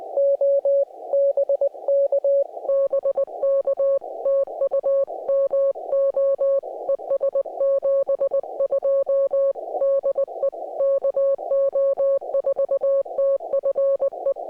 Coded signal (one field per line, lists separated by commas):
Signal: Morse code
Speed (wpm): 20 wpm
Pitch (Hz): 550 Hz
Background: music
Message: O BK BK TU MO ES 72 DE KO4TFE